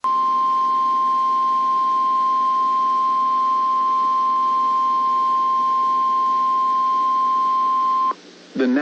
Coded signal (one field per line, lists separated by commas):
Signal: Emergency Alert System (SAME) tones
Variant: 1050 Hz attention tone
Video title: Winona La Crosse Severe Thunderstorm Warning EAS #4 4 12 2022